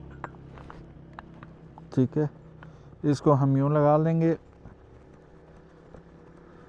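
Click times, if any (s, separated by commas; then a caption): none. The gas cartridge of an airbag vest is lined up and started by hand into its threaded metal socket on the vest's inflator. A few faint, sharp handling taps come in the first two seconds, someone talks from about 2 to 4.4 s, and then it goes quiet. The cartridge has not locked or clicked into place yet.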